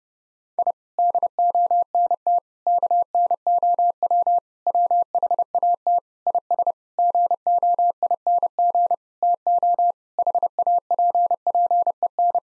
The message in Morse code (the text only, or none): I DONT KNOW WHAT IS GOING TO HAPPEN